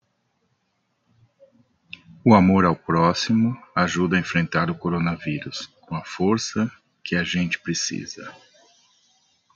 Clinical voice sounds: spoken sentence; Brazilian Portuguese; male; 40 to 49 years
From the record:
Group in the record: control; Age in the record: 46 years

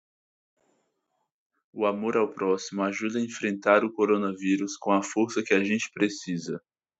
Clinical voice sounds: spoken sentence; Brazilian Portuguese; male; 18 to 19 years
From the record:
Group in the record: control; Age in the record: 19 years

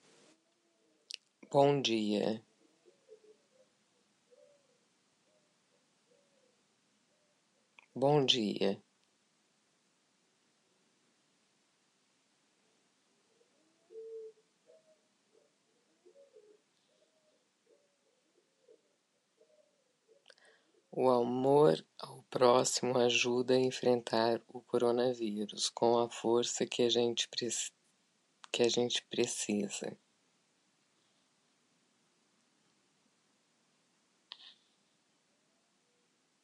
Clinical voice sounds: spoken sentence; Brazilian Portuguese; female; 50 to 59 years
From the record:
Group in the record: control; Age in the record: 57 years

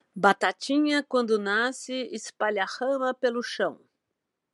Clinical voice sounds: short text; Brazilian Portuguese; female; 50 to 59 years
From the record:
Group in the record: control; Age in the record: 59 years

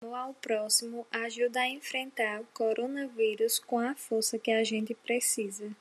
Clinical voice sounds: spoken sentence; Brazilian Portuguese; female; 20 to 29 years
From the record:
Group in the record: control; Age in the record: 21 years

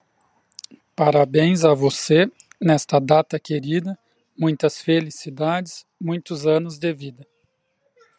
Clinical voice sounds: short text; Brazilian Portuguese; male; 30 to 39 years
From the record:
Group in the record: control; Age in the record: 36 years

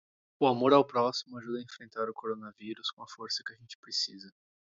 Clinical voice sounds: spoken sentence; Brazilian Portuguese; male; 20 to 29 years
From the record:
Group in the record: control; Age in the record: 28 years

